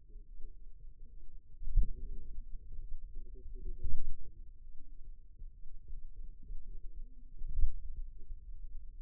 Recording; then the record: forearm muscle sounds (acoustic myography)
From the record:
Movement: pen grasping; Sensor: system 2, bracelet of six BSWA MPA416 microphones around the upper forearm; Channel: 6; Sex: male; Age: 22 years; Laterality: right